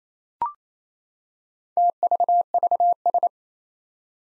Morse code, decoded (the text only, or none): TVVS